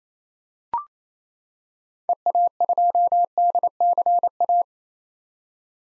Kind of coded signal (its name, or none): Morse code